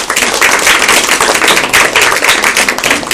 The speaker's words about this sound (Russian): Аплодисменты всем.